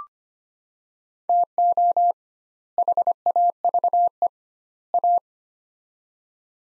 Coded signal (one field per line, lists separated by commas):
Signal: Morse code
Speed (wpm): 25 wpm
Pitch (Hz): 700 Hz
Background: none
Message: TO HAVE A